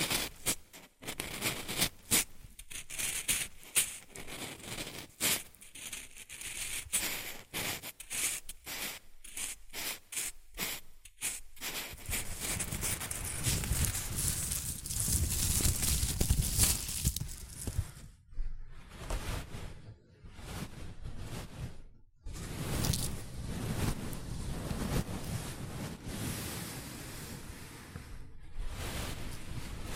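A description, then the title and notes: Shredded tissue and packing peanuts rustle and crinkle continuously. For the first dozen seconds the sound breaks into quick, crisp bursts separated by brief gaps. After that it settles into a denser, lower, steadier rustling, with a few short pauses later on. ASMR Rustling and Crinkle Sounds (Shredded Tissue, Packing Peanuts).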